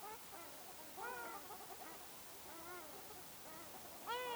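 Ruddy shelduck calls, scattered soft nasal honks over hiss, then one louder, ringing honk at the close.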